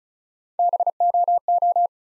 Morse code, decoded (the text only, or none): BOO